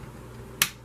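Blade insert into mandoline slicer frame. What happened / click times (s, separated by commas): The plastic blade insert snapped into its frame / 0.6 s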